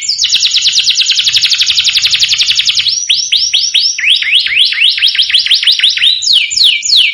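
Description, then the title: Domestic canary in full song: a long, fast rattling trill followed by rapid looping whistled phrases and quick descending sweeps. Canary song played to excite a Belgian canary and provoke it into singing in response. "Canto Para Esquentar Canário Belga. Suara Kenari Bikin Emosi & Langsung Nyaut"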